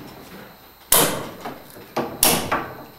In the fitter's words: you just have to hear it click twice, but you have to push it pretty hard. Click,